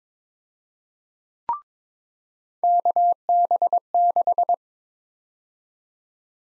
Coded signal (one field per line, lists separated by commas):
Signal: Morse code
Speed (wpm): 22 wpm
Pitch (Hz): 700 Hz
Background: none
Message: KB6